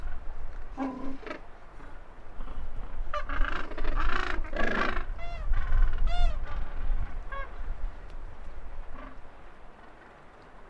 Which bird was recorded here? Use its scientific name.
Pygoscelis papua